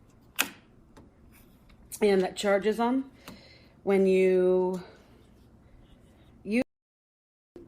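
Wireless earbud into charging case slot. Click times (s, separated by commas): 0.4 s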